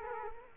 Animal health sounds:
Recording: mosquito wingbeat signal from an infrared sensor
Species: Culex quinquefasciatus

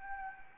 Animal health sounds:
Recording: mosquito wingbeat signal from an infrared sensor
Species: Anopheles gambiae

